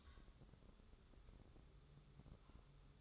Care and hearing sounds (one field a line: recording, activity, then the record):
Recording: daily activity, microphone in the room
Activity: take from stove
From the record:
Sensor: 3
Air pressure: 995.4 hPa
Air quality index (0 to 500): 86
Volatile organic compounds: 8 ppm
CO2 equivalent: 2108 ppm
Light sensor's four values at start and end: 26/81/34/29 and 26/81/34/29